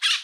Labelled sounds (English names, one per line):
Brown-throated Parakeet contact call